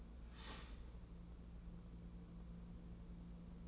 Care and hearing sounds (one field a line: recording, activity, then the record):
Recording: daily activity, microphone in the room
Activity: start toaster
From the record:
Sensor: 1